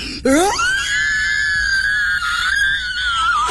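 A horrible, loud scream that shoots up sharply in pitch, then holds one piercing, strained note for about three seconds before breaking off.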